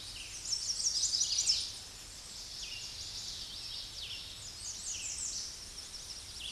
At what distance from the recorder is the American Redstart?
about 20 m